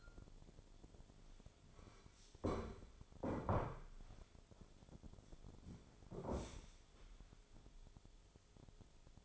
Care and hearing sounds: daily activity, microphone in the room; sit down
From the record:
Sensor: 5

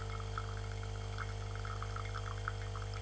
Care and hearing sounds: daily activity, microphone in the room; make coffee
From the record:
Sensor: 4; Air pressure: 1015.5 hPa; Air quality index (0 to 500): 191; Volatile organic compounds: 9 ppm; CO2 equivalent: 2133 ppm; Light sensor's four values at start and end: 5/10/4/3 and 5/10/4/3

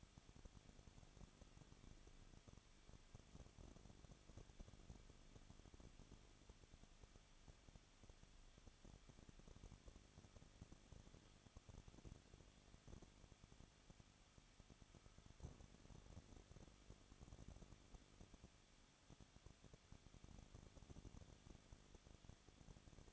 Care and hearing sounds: daily activity, microphone in the room; no activity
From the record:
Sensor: 4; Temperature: 23.1 degrees Celsius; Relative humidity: 34.1%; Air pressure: 1007.2 hPa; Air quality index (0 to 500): 216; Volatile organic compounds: 15 ppm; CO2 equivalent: 2498 ppm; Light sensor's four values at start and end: 2/3/1/1 and 2/3/1/1

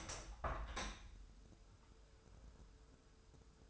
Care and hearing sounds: daily activity, microphone in the room; open window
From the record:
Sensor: 2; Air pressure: 1014.7 hPa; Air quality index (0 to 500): 28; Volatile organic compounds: 1 ppm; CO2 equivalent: 517 ppm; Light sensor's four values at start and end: 8/19/8/8 and 9/20/8/8

